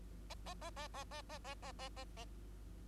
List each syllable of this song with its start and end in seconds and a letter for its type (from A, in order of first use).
0.30-0.34 A, 0.46-0.54 A, 0.61-0.70 A, 0.76-0.88 A, 0.94-1.04 A, 1.11-1.22 A, 1.29-1.38 A, 1.44-1.55 A, 1.62-1.72 A, 1.79-1.89 A, 1.97-2.04 A, 2.17-2.25 A